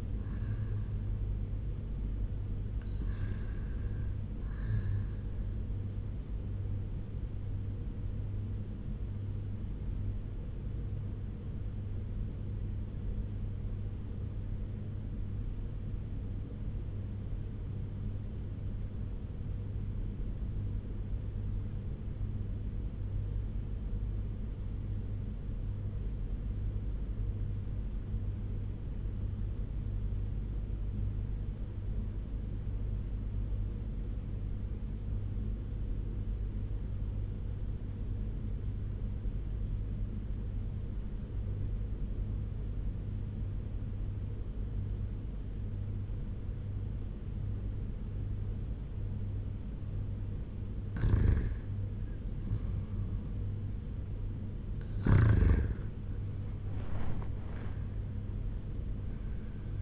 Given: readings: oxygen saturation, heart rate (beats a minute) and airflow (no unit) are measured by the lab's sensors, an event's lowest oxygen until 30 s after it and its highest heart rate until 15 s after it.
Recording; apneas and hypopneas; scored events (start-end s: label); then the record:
breathing in sleep by a smartphone at the bedside; 1
14.00-51.80 s: obstructive apnea (N1, oxygen 98% highest, then 84% lowest, heart rate 83 at the start, 93 highest)
From the record:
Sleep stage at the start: N1 (lightest sleep); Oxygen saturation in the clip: 82 to 98%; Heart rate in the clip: 82 to 90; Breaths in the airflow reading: 4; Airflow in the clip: -6.3 to 4.9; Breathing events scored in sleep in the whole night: 201 in 6.5 hours asleep